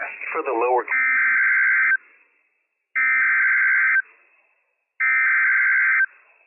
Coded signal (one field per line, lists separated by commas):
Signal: Emergency Alert System (SAME) tones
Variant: header bursts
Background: speech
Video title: Late Night/Early Morning Severe Thunderstorm - EAS #243-244 - 7/6-7/22